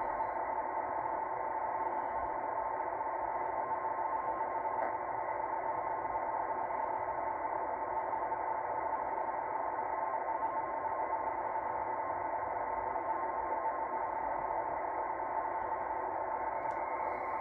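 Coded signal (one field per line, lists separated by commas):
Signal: NAVTEX (SITOR-B)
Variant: 100 baud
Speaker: apparently this at 0 45 is supposed to be Boston this is what I'm receiving here is from Boston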